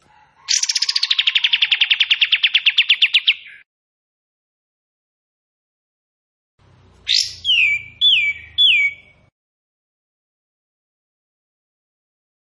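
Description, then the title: Bulbul song: a long buzzy trill of rapid repeated notes lasting about three seconds, silence, then three clear downslurred whistles in quick succession. Bird in active singing form, delivering long 'tembakan' and 'besetan' song phrases; crisp recording meant for training white-rumped shama. "KAPAS TEMBAK GACOR TEMBAKAN DAN BESETAN PANJANG"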